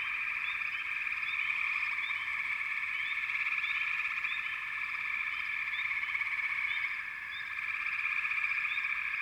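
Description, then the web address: Massed frogs giving a continuous high trill, with rising chirps repeated irregularly and a brief dip in loudness partway through. "Natures Songs Sleep Sounds of Nature FROGS Frog Chourus"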